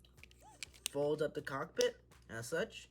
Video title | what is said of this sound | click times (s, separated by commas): Transformers legacy prime universe (review) bulkhead,Arcee,sky quake no knockout or dread wing | giant tab is going to go in between there and it just snaps into place then you can | 0.6 s